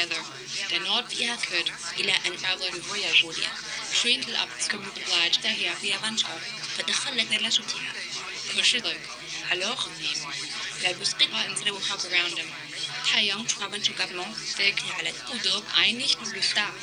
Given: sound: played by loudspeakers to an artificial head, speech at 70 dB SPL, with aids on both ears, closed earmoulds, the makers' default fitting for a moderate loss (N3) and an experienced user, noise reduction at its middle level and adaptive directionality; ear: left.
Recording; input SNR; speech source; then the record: speech test signal (ISTS) in cocktail-party noise; 0 dB; in front (0 degrees)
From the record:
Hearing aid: class 2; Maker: A